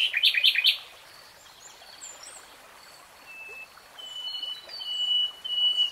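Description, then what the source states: Nightingale song, a quick burst of loud repeated notes followed by soft, pure whistled tones at varying pitches. Singing in real time, not sped up or slowed.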